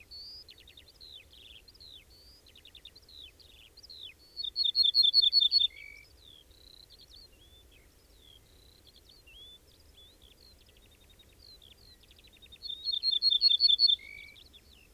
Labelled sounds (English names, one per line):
Ortolan Bunting song